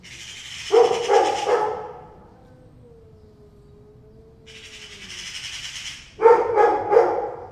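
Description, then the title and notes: Dog giving a short run of three barks, a pause with a faint drawn-out tone, then another quick burst of barks. Dog showing concern. "2 cats, 2 magpies and a dog. Two cats meowing each other and two magpies and a dog concern about them"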